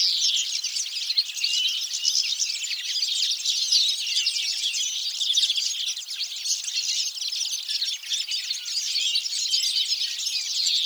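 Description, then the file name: European goldfinch chatter, a constant stream of high twittering and chirping notes, with small rises and dips in volume. "Carduelis carduelis"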